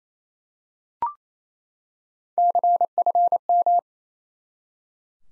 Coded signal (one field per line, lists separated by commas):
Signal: Morse code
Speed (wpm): 27 wpm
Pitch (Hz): 700 Hz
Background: none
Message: CFM